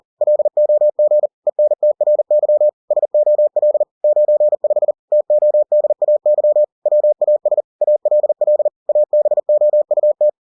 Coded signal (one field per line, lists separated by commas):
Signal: Morse code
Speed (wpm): 40 wpm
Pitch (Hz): 600 Hz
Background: none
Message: LOG ENTRY SOL 95 TODAY WAS ALL ABOUT